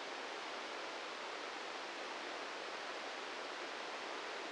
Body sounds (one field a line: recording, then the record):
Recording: brain microelectrode recording played as sound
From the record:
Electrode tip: inside the subthalamic nucleus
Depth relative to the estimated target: -2 mm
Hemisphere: left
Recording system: NeuroSet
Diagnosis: Parkinson's disease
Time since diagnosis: 8 years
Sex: male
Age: 58 years